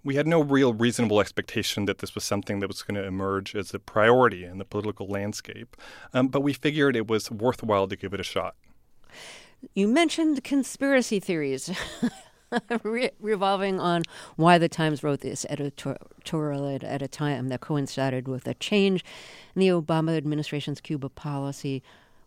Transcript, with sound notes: We had no real reasonable expectation that this was something that was going to emerge as a priority in the political landscape, but we figured it was worthwhile to give it a shot.
You mentioned conspiracy theories (laughter) revolving on why the Times wrote this editorial at the time that coincided with a change in the Obama administration's Cuba policy.